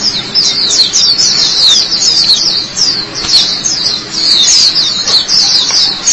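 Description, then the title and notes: White-eye song, a rapid continuous stream of high thin chirping notes and twittering phrases with brief dips, sounding like a busy chattering warble without pause. "Kicauan Burung Pleci Durasi Panjang. Suara kicauan burung pleci"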